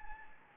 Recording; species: mosquito wingbeat signal from an infrared sensor; Anopheles gambiae